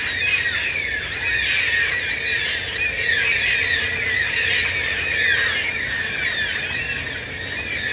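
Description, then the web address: Yellow-tailed black cockatoos screeching together, many wailing calls layered into an unbroken din with brief louder peaks. Hundreds wheeling overhead at dawn before settling in surrounding bloodwood and blackbutt trees, 14 November, gloomy with rain holding off; calling very loud, about 100 decibels up close. "Yellow-tailed Black Cockatoos screaming, 14 Nov"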